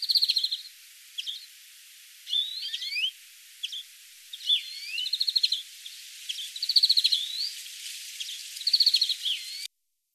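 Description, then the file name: European greenfinch with rapid stuttering trills mixed with upslurred whistled notes, the chattering bursts repeating several times over a faint hiss. "Chloris chloris"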